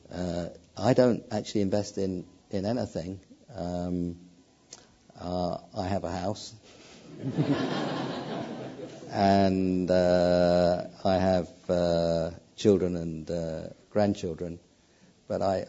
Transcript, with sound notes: I don’t actually invest in anything. I have a house [laughter] and I have children and grandchildren but,